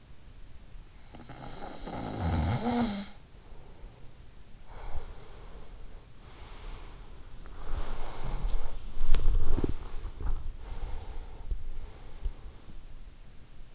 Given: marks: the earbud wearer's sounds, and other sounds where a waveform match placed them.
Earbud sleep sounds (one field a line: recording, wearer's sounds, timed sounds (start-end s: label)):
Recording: sounds in sleep by an in-ear microphone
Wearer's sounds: snoring breath, breath, body movement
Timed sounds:
1.06-3.27 s: snoring breath
4.72-7.10 s: breath
7.10-11.51 s: body movement
7.50-10.13 s: breath
10.45-12.84 s: breath